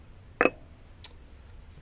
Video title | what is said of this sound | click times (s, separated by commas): GOPR1100 | 1DX, I'll attach the camera like this. I can hear it snap | 0.4 s